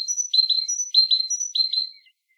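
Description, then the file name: Great tit giving a series of bright, high notes in repeated pairs for about two seconds before it stops. "Parus major"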